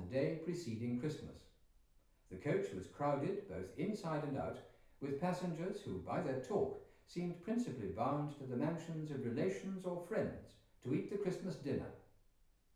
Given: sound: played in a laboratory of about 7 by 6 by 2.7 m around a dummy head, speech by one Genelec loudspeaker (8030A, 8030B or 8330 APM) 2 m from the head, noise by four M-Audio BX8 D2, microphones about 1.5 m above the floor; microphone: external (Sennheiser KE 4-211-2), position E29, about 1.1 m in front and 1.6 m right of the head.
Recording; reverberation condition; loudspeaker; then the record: male speech in English; medium; 30 degrees to the left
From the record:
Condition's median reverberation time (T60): about 510 ms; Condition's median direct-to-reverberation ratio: about -0.5 dB